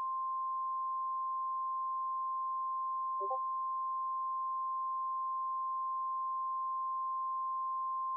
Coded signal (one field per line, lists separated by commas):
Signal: Emergency Alert System (SAME) tones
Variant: 1050 Hz attention tone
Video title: First EAS Mock: Tornado Warning for Central Maryland